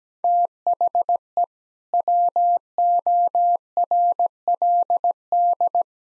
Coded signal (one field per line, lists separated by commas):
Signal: Morse code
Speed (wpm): 17 wpm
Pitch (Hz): 700 Hz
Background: none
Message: THE WORLD